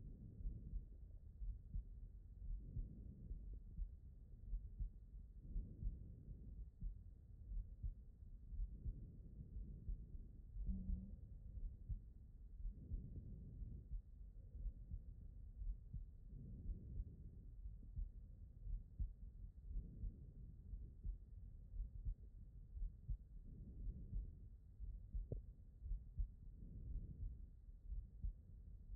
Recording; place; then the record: heart sounds by stethoscope; aortic valve (AV)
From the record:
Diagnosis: non-HFrEF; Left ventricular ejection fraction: 56%